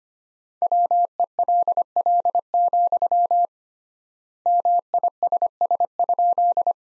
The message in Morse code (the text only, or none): WELL, MISS?